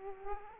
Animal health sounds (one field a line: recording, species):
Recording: mosquito wingbeat signal from an infrared sensor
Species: Aedes aegypti